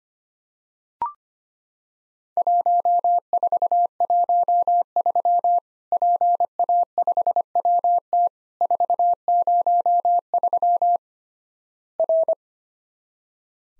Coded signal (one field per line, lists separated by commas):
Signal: Morse code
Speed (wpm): 25 wpm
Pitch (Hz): 700 Hz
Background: none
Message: 1413 PA5WT 403 R